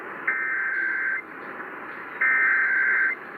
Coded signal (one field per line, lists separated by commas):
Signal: Emergency Alert System (SAME) tones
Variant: header bursts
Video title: Illinois Required Monthly Tests (EAS #962-966)